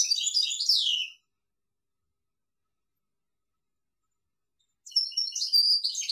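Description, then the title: European goldfinch song: a quick tinkling twitter of high notes, then about four seconds of silence before another liquid, jangling burst begins. "Chant Chardonneret"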